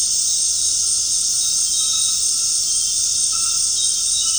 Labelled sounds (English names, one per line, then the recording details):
none
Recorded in secondary vegetation near Puerto Asís, Putumayo, Colombia, on 13 March 2025 at 19:00
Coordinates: 0.502, -76.326
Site G100